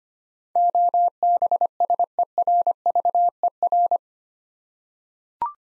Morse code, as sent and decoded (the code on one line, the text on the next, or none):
--- -... ... . .-. ...- . .-.
OBSERVER